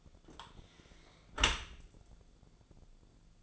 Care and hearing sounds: daily activity, microphone in the room; close dishwasher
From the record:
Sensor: 5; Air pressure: 1000.6 hPa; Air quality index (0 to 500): 154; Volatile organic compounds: 2 ppm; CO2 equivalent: 1181 ppm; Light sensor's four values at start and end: 45/102/44/47 and 45/101/43/47

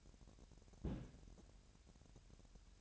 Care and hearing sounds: daily activity, microphone in the room; place on stove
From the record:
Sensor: 2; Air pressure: 1011.9 hPa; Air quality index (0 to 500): 196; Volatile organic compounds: 3 ppm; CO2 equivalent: 1389 ppm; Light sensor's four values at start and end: 74/175/72/69 and 74/175/72/70

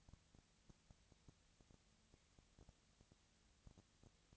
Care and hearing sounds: daily activity, microphone in the room; no activity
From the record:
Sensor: 3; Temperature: 20.4 degrees Celsius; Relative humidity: 34.4%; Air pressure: 996.8 hPa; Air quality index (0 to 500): 205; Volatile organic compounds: 68 ppm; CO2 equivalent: 3496 ppm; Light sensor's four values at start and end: 2/3/2/2 and 2/3/2/2

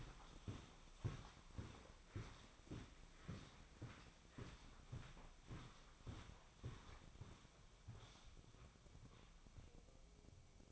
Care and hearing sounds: daily activity, microphone in the room; walk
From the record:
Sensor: 1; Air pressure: 1009.3 hPa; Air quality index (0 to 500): 187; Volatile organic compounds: 4 ppm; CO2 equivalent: 1580 ppm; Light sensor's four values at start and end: 52/139/57/69 and 51/134/55/67

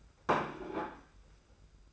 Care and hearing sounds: daily activity, microphone in the room; place plate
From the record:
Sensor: 2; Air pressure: 991.7 hPa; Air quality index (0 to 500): 186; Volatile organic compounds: 1000 ppm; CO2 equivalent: 6097 ppm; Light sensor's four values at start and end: 23/74/29/28 and 23/74/29/27

